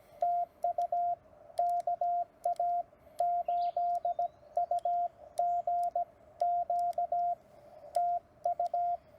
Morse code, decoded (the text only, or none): TU KA8UGQ TU